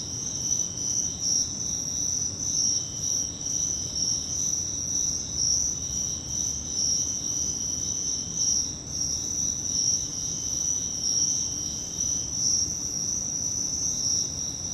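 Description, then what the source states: Dense cricket chorus, an unbroken high-pitched trill with slight pulsing in loudness, over a faint low-frequency hum. Crickets, more than one, in Virginia.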